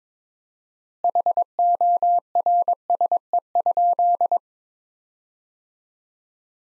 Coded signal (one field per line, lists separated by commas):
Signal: Morse code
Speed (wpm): 21 wpm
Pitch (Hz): 700 Hz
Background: none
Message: HORSE?